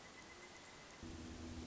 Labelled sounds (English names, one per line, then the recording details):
Pileated Woodpecker
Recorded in Sonoma County, California